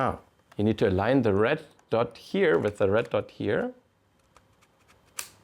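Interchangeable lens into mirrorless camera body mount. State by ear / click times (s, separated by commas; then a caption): seated / 5.2 s. An interchangeable lens is lined up red dot to red dot with the mount on a mirrorless camera body and twisted until it locks. Someone talks, then there is a faint tick at 4.4 seconds and a sharp bayonet click at 5.2 seconds as the lens seats in the mount.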